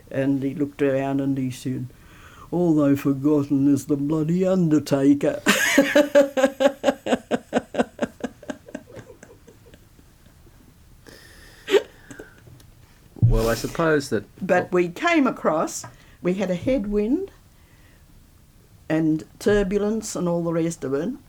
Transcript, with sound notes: and he looked around and he said ‘All they’ve forgotten is the bloody undertaker’ [laughs]
Well, I suppose…
But we came across, we had a head wind and turbulence and all the rest of it.